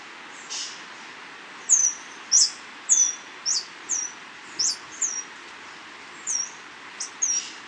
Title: LuckyPassaro Completos2Sama. Scale-throated Hermit (Phaethornis eurynome eurynome (ssp assumed from location))